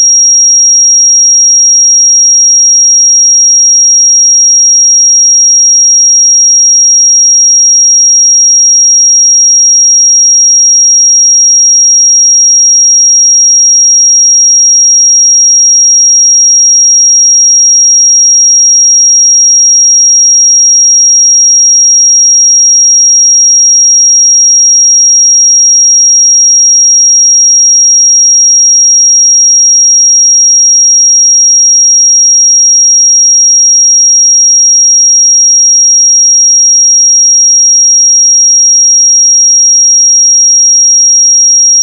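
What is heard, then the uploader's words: A pure sine tone at 5632 Hz sounds as a single thin, piercing high pitch. It holds perfectly steady in pitch and loudness for the whole length, with no breaks, wavering or other sounds around it. 5632 Hz 1 Hz Interval Sine Pure Tone Frequency 441000 Sample Mono.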